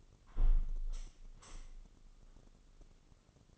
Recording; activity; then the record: daily activity, microphone in the room; close window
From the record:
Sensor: 4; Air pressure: 996.5 hPa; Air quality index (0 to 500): 87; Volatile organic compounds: 4 ppm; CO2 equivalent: 1690 ppm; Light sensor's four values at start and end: 20/53/20/22 and 20/53/20/22